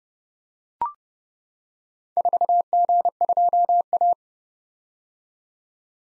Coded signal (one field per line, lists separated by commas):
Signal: Morse code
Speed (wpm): 30 wpm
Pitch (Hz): 700 Hz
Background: none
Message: 4G2A